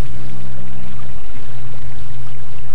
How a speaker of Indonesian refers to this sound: Sementara itu Anting Wulan menunggu di luar sambil bermain-main di pinggiran sungai Cirampang. Beberapa saat ketika Anting Wulan tengah asik menikmati riak air sungai Cirampang.